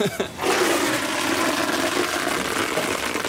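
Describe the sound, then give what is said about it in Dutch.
Kale is deep-fried in hot oil at Restaurant Helemaal Naar in Utrecht. After a brief quiet moment it bursts into a loud, steady sizzle packed with dense crackles and pops that continues for about three seconds. “Boerenkool frituren.”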